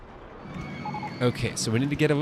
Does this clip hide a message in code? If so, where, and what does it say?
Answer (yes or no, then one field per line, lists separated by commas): no